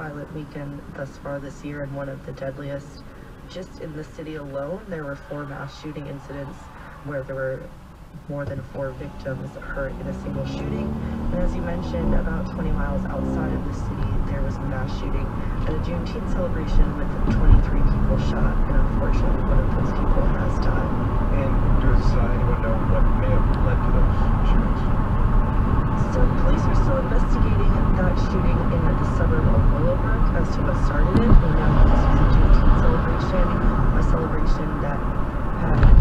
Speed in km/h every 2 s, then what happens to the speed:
0, 0, 0, 0, 0, 6, 19, 27, 44, 52, 58, 60, 61, 63, 63, 61, 58, 58.
0-9 standing. 9-26 pulls away to 63. 26-36 steady at about 61.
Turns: 10-16.